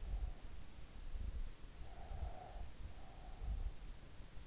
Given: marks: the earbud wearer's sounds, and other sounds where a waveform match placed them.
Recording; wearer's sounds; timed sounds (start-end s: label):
sounds in sleep by an in-ear microphone; breath
1.74-3.79 s: breath